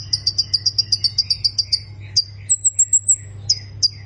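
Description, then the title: Plain prinia song: a fast series of repeated chirping notes, followed by a high thin whistle and a few sharp notes, over a constant low hum. "Ciblek Sawah"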